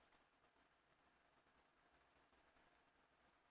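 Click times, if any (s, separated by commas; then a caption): none. A wooden part is handled and pushed toward position in a wooden puzzle box frame during assembly. Only a steady, low, noise-like hiss is heard, with no distinct hits. Nothing has seated or snapped into place yet.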